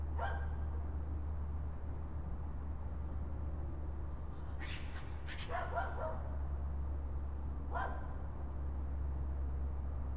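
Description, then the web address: Raccoon calls: a short harsh yelp at the start, then a burst of rapid chattering notes around five seconds and another sharp yelp near eight seconds, over a steady low hum. More than one raccoon. "phono raccoons"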